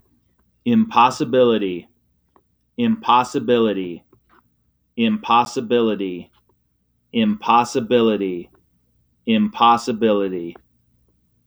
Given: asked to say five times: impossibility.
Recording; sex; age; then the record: repeated word; male; 40 to 49 years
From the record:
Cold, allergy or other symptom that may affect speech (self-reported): no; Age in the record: 43 years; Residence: Wyoming, United States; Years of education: 16